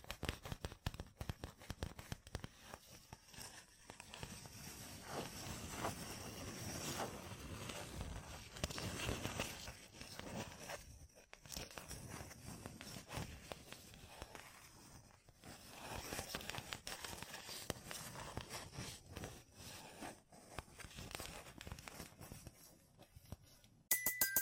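Gem-covered fingertips tap and scratch in a dense, continuous crackle of rapid clicks and crinkly scraping, with brief pauses near 11 and 15 seconds.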